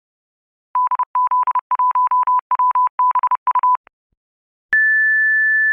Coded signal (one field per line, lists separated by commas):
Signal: Morse code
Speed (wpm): 30 wpm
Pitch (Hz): 1000 Hz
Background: none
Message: DZ1WBU